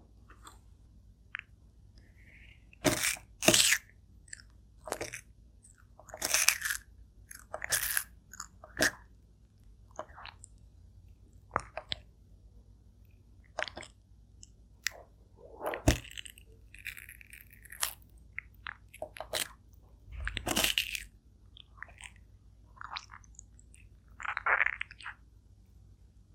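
A turtle eats in irregular bursts of sharp crunching bites, loudest around 3, 7 and 20 seconds, separated by brief quiet pauses.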